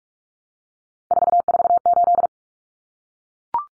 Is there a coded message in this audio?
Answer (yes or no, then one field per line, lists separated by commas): yes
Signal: Morse code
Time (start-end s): 1.1-2.3 s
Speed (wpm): 44 wpm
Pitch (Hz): 700 Hz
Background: none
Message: 448